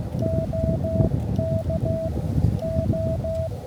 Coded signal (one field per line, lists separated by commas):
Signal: Morse code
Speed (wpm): 16 wpm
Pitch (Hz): 650 Hz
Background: none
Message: OK O